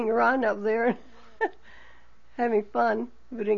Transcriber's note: she laughs